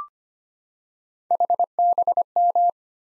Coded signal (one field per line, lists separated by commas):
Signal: Morse code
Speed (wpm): 25 wpm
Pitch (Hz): 700 Hz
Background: none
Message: HBM